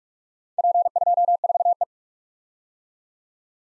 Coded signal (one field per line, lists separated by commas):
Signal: Morse code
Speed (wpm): 45 wpm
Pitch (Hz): 700 Hz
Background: none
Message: P24E